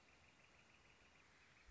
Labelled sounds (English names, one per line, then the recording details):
Northern Flicker
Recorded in Sonoma County, California